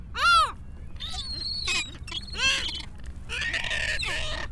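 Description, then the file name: Gull calls: several loud harmonic yelping notes that rise and fall, given irregularly over a low background rumble. "seagulls"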